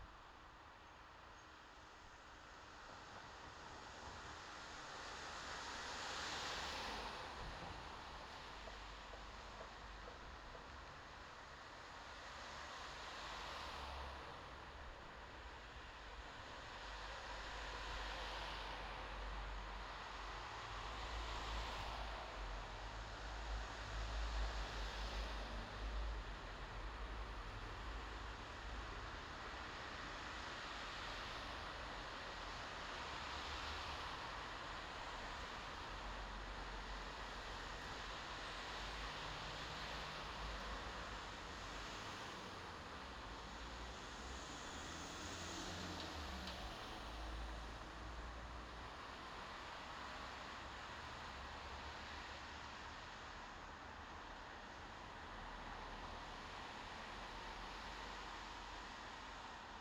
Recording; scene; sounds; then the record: everyday scene through a hearing-aid microphone; in traffic; traffic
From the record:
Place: bus stop on a city main road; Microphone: in the ear canal, left